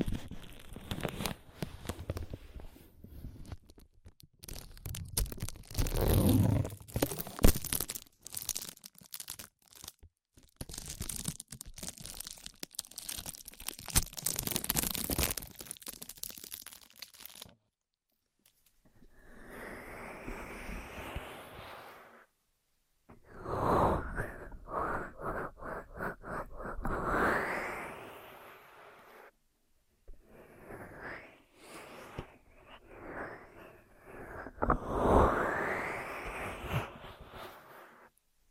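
Ear massage and cleaning sounds: dense crackling, rustling and scratchy rubbing fill the first seventeen seconds in quick irregular bursts. After a brief silence, slower swelling strokes follow, each rising and brightening then cutting off, repeating every few seconds with short pauses between.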